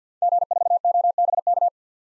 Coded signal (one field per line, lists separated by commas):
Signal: Morse code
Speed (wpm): 50 wpm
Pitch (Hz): 700 Hz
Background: none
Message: G4OBK